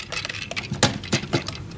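A plastic toy zord piece is pushed onto a Megazord toy robot combination, needing a little push, with light plastic clicks and rattles before a sharp click at 0.8 s. The piece clicks into place and holds solid.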